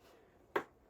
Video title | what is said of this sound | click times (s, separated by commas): L322 Range Rover Raptor Lining Front Bumper. | came in here there's one there see the glit just clicked back in | 0.6 s